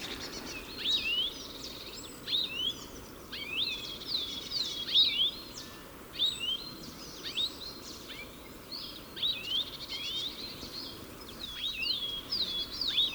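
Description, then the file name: European goldfinch calls: lively, liquid twittering in repeated short bursts of sharp chirps, continuing throughout. "Carduelis carduelis"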